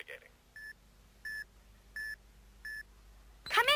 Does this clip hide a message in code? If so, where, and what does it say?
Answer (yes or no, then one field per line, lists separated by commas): no